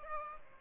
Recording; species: mosquito wingbeat signal from an infrared sensor; Aedes albopictus